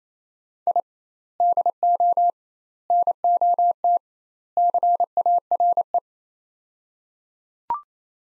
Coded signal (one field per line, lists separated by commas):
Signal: Morse code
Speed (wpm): 28 wpm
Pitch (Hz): 700 Hz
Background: none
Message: I DO NOT CARE